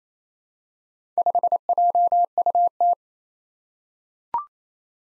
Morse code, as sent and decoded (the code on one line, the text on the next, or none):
..... .--- ..- -
5JUT